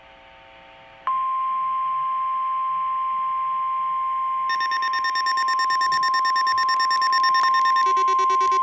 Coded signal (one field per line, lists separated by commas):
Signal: Emergency Alert System (SAME) tones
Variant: 1050 Hz attention tone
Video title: Required Weekly Test (REAL EAS#13)